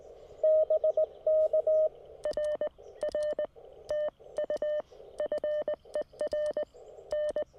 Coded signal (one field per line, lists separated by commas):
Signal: Morse code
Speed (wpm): 19 wpm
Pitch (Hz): 590 Hz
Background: none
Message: BK R R TU FER N